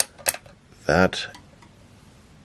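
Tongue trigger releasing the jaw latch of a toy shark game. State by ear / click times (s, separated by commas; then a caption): released / 0.0 s, 0.3 s. Pressing the plastic tongue inside a toy shark's mouth trips its spring-loaded jaw latch, and the jaws snap shut with sharp plastic clacks at 0.0 and 0.3 seconds. Someone then talks briefly.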